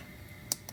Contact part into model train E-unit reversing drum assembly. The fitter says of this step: okay not so bad but you can tell when they pop into place